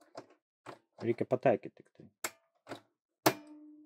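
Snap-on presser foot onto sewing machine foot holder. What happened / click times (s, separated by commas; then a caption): The snap-on foot locked into its holder / 2.2 s, 3.3 s. On a Fortuna F05 sewing machine, the presser foot holder is lowered onto a new snap-on presser foot until it locks in place while someone talks. Two sharp clicks sound at 2.3 s and 3.3 s, the second followed by a short ringing tail. The presser foot is seated on the holder.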